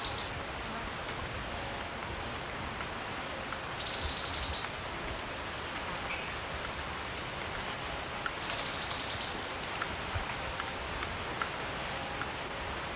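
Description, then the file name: Spotted Antbird giving two brief, high, buzzy chattering bursts about five seconds apart over steady background hiss. "Hylophylax naevioides - Spotted Antbird"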